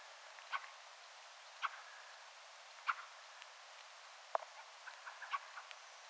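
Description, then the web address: Fieldfare calls: a few dry, abrupt chack notes spaced out, then a sharp click and a short scattered burst of softer notes. Attention-seeking calls of a fieldfare, with a second and third fieldfare calling in the background; recorded 17 December 2024. "17 12 2024 rakattirastaan huomioaantelya taustalla toinen ja kolmaskin rakattirastas"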